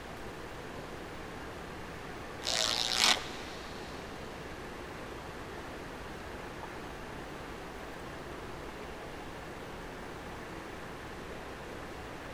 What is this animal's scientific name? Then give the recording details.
Gadus morhua. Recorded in the wild. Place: Austnesfjorden, Lofoten, Nordland, NO. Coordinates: 68.309, 14.722. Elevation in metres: 0. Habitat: sea. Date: 2015-03-11. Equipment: Edirol R44, Sensor Technology SQ26. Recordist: Frommolt, Karl-Heinz